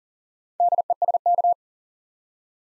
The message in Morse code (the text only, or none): DESK